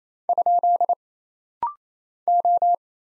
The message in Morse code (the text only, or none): ? O